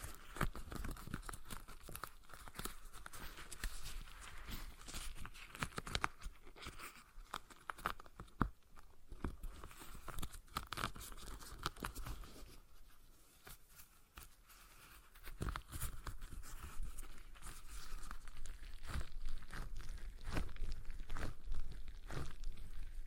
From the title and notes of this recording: ASMR Relaxing Stress Ball Sounds (No Talking).